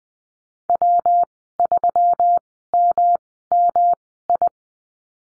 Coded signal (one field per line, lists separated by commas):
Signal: Morse code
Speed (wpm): 20 wpm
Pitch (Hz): 700 Hz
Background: none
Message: W3MMI